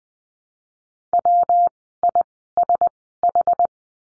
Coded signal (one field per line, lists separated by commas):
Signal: Morse code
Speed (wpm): 20 wpm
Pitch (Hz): 700 Hz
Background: none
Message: W I S H